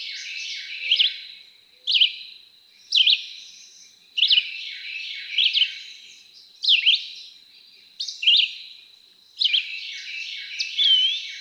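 Red-eyed Vireo song: short, varied whistled phrases repeated about once a second, some rising, some dropping, with a faint buzzy background.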